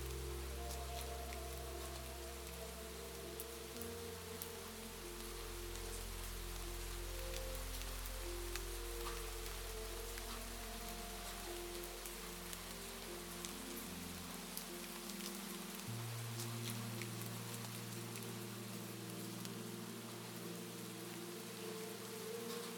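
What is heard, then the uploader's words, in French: A soothing melody blends gently with falling rain. Soft sustained low tones hold steady and shift to new notes around five and sixteen seconds, while dense, even rainfall patters throughout with scattered brighter drops ticking. Découvrez une mélodie apaisante qui se mêle délicatement aux gouttes de pluie, créant un paysage sonore idéal pour la relaxation et le bien-être.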